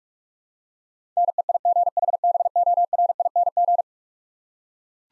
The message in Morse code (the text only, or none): NEIGHBORING